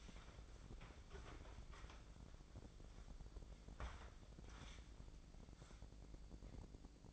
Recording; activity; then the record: daily activity, microphone in the room; wipe stove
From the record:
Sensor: 5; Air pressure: 1012.4 hPa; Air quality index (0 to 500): 158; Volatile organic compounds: 2 ppm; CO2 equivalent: 1078 ppm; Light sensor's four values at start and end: 190/454/195/225 and 192/457/196/225